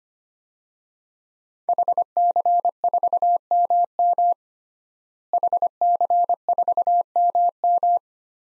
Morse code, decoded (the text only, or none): HC4MM HC4MM